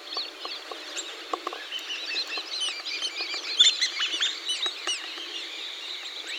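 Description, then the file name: Bird calls: a dense chatter of short high chirps and clicks throughout. "SABIOD 50 bird 2015"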